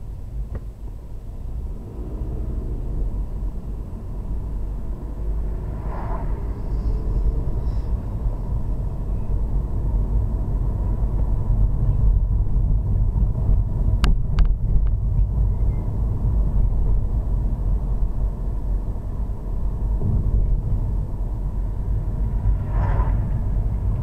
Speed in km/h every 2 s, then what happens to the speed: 11, 21, 27, 31, 32, 32, 29, 31, 29, 29, 27, 27.
0-5 speeds up to 31. 5-24 steady at about 29.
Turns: none.